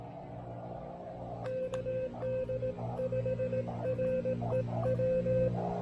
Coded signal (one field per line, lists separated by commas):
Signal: Morse code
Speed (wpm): 18 wpm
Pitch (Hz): 520 Hz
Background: music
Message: KD5REW